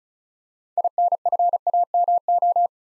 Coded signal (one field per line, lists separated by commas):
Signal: Morse code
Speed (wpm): 36 wpm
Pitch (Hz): 700 Hz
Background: none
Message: INFAMO